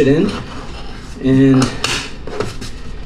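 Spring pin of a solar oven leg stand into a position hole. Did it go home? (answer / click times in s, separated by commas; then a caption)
yes / 2.3 s, 2.4 s. Someone talks while the adjustable rear stand of a sun oven is moved to the chosen position hole. The spring-loaded metal pin pops out into the hole with clicks at 2.3 s and 2.4 s, locking the stand in place.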